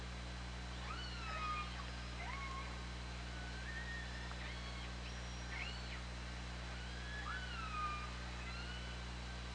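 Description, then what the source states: Killer whale calls, a run of harmonic tones that arch and bend, several overlapping, repeated throughout over constant low hum and hiss. Picked up by an OrcaLab hydrophone on 24 August 2017, around 20:17.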